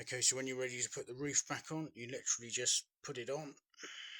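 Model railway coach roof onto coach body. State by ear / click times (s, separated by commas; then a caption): not seated / none. Someone talks while handling the removable roof of an O gauge model inspection saloon, getting ready to press it back onto the plastic coach body. Speech fills most of the clip, with a short pause near 3 seconds and a steady hiss near the end. Nothing has seated or clicked yet.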